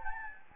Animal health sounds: mosquito wingbeat signal from an infrared sensor; Anopheles gambiae

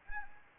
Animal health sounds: mosquito wingbeat signal from an infrared sensor; Anopheles arabiensis

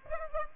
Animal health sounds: mosquito wingbeat signal from an infrared sensor; Aedes albopictus

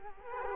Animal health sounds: mosquito wingbeat signal from an infrared sensor; Culex quinquefasciatus

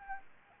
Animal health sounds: mosquito wingbeat signal from an infrared sensor; Anopheles arabiensis

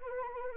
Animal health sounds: mosquito wingbeat signal from an infrared sensor; Anopheles arabiensis

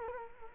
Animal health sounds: mosquito wingbeat signal from an infrared sensor; Culex quinquefasciatus

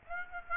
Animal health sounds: mosquito wingbeat signal from an infrared sensor; Aedes aegypti

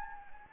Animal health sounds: mosquito wingbeat signal from an infrared sensor; Anopheles gambiae

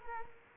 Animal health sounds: mosquito wingbeat signal from an infrared sensor; Culex quinquefasciatus

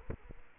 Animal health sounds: mosquito wingbeat signal from an infrared sensor; Culex quinquefasciatus

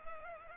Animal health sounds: mosquito wingbeat signal from an infrared sensor; Culex pipiens

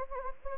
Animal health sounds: mosquito wingbeat signal from an infrared sensor; Anopheles gambiae

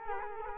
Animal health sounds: mosquito wingbeat signal from an infrared sensor; Culex quinquefasciatus

